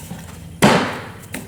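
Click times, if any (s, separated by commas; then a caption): 0.6 s. An accessory is pushed straight down onto its holder on the side of a Realm 2100 PSI electric pressure washer during assembly. A loud, sharp snap at 0.6 s rings out briefly, followed by a smaller tick at 1.4 s. The accessory is seated on its mount.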